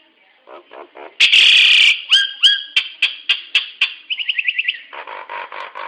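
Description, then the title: Nias hill myna sounds: soft buzzy notes, then a loud harsh screech, a series of sharp whistled notes, a rapid trill and a buzzy rattle. "Burung jalak nias"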